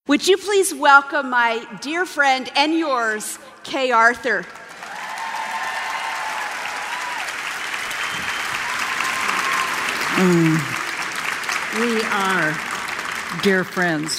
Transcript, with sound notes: Would you please welcome my dear friend—and yours—Kay Arthur! (applause)
We are dear friends.